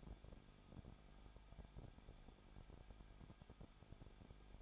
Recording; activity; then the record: daily activity, microphone in the room; no activity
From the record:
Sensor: 5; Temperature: 20.9 degrees Celsius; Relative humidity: 35.1%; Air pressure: 994.7 hPa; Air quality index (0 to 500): 154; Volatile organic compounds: 2 ppm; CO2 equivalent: 1289 ppm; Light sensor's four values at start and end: 2/3/1/1 and 2/3/1/1